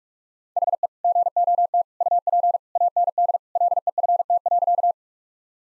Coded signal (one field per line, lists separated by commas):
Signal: Morse code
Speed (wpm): 46 wpm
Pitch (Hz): 700 Hz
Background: none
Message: HE GOT UP AND LEFT.